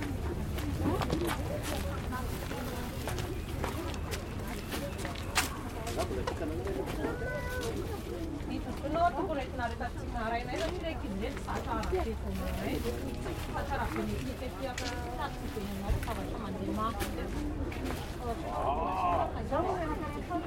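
Morning market stalls in Antananarivo carry a steady murmur of overlapping voices, with occasional clear words, low rumble beneath, and brief clatters throughout.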